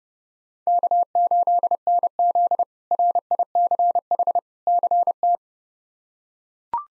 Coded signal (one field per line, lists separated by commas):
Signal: Morse code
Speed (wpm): 32 wpm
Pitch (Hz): 700 Hz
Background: none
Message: K8NZ RICH CT